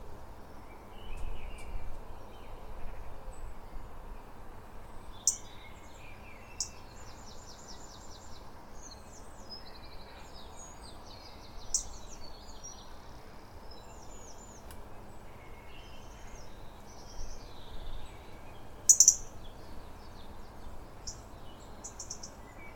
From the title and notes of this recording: Dawn Chorus 5am Morning Birdsong. Birdsong during the dawn chorus. Recorded on the grounds of Bothwell Castle in Bothwell, Scotland.